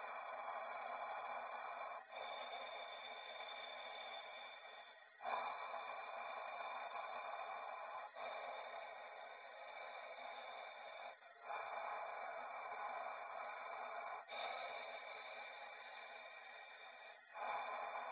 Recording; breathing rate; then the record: paced breathing near a phone; 10 breaths a minute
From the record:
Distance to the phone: 20 cm